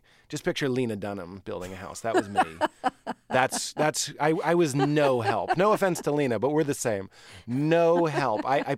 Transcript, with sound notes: Like, just picture Lena Dunham building a house. That was me.
(Laughter).
That's - I was no help. No offense to Lena, but we're the same. No help.